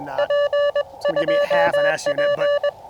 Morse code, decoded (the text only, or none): P 2P